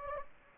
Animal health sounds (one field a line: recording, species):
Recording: mosquito wingbeat signal from an infrared sensor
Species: Anopheles gambiae